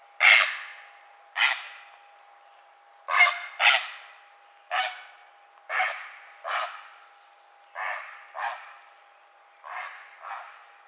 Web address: Great Blue Heron 2007 06 24 Great Blue Heron